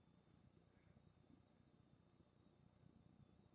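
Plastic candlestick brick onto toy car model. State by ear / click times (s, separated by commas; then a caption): not seated / none. Silver plastic candlestick pieces, used as exhaust pipes, are handled over a Lego Speed Champions McLaren Elva car build. Only faint low handling rustle and a steady high-pitched background tone are heard, with no talking. Nothing has seated or clicked yet.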